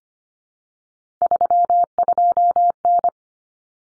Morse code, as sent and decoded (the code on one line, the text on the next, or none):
...-- ..--- -.
32N